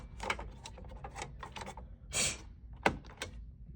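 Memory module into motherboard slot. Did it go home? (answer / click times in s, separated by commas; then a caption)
yes / 2.9 s. A memory module is lined up by its notch and pressed down into a motherboard DIMM slot, with faint scraping and light taps as it goes in. A sharp snap at 2.9 s marks the retention clip closing, and the module is seated.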